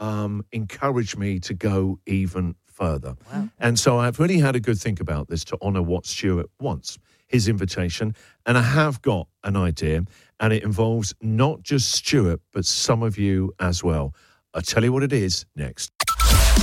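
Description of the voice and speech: A man speaks fluently at an easy conversational pace with clear articulation and natural pitch; ordinary adult speech from a radio host.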